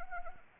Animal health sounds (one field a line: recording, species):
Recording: mosquito wingbeat signal from an infrared sensor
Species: Anopheles arabiensis